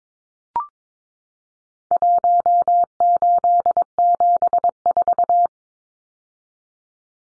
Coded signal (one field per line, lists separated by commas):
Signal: Morse code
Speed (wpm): 22 wpm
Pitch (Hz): 700 Hz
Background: none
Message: 1874